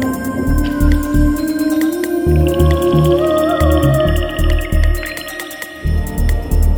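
Dolphin whistle arching upward and gliding down, with fast click trains throughout and repeated low thumping pulses beneath.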